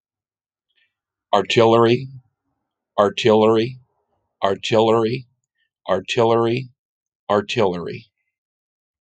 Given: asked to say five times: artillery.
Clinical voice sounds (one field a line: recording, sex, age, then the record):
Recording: repeated word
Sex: male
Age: 40 to 49 years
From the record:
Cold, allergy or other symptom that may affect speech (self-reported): no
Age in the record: 48 years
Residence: California, United States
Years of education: 18